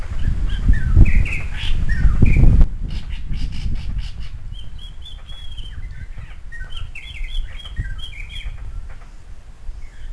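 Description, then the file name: Greater racket-tailed drongo calls: a loud low thumping noise with a few whistled notes at first, then a run of bright, clipped whistled chirps and slurred notes, over a low background rumble. "Greater racket-tailed drongo - Dicrurus paradiseus"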